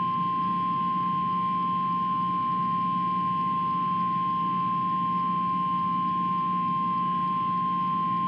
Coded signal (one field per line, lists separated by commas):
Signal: Emergency Alert System (SAME) tones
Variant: 1050 Hz attention tone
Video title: EAS: The March 17 Guthrie, Oklahoma Fire Events